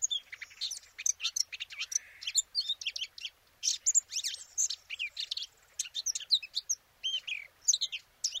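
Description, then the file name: Eurasian blackcap pouring out fast twittering phrases mixed with sweeping whistled notes, almost without a break for eight seconds. "Sylvia atricapilla"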